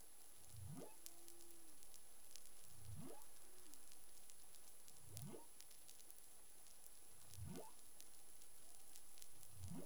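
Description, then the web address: Humpback whale calls, low grunts sweeping sharply upward, repeated about every two and a half seconds, with a brief low moan between, over faint underwater clicks. Caribbean, 25 February 2021, 11:17 UTC. "CARIMAM humpback whale 20210225 111728 UTC"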